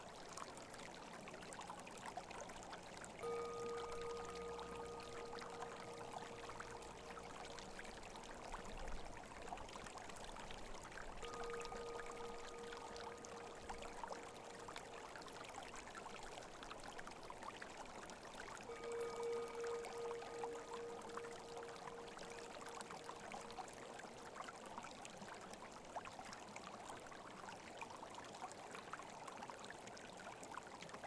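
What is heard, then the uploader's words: A singing bowl rings three times, near 3, 11 and 19 seconds, each pure mid-pitched tone holding steady for several seconds with a faint higher overtone. Beneath it a small creek pours and trickles continuously at an even level, a dense watery hiss throughout. Singing Bowl Resonance in a Small Creek.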